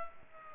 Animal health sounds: mosquito wingbeat signal from an infrared sensor; Culex pipiens

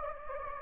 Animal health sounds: mosquito wingbeat signal from an infrared sensor; Anopheles gambiae

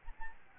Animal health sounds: mosquito wingbeat signal from an infrared sensor; Aedes albopictus

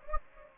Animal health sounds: mosquito wingbeat signal from an infrared sensor; Anopheles gambiae

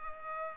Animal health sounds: mosquito wingbeat signal from an infrared sensor; Culex pipiens

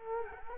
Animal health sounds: mosquito wingbeat signal from an infrared sensor; Culex quinquefasciatus

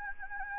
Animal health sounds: mosquito wingbeat signal from an infrared sensor; Anopheles gambiae

